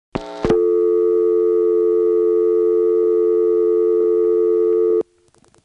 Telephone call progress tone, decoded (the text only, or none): dial tone